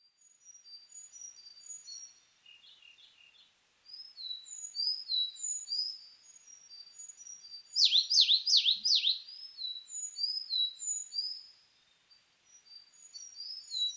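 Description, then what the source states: Sakhalin leaf warbler song of high, thin slurred whistles repeated steadily; midway comes a quick burst of loud descending sweeping notes. Recorded 29 May 2004.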